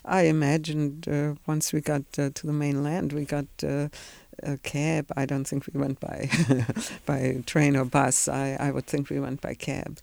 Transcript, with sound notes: I imagine once we got to the mainland we got a cab. I don't think we went by (she laughs) by train or bus. I would think we went by cab.